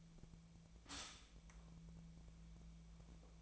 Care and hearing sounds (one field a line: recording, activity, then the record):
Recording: daily activity, microphone in the room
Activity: stop toaster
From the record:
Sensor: 1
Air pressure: 1009.3 hPa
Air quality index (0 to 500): 196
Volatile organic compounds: 20 ppm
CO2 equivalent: 2674 ppm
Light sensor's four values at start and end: 20/52/21/24 and 22/56/23/27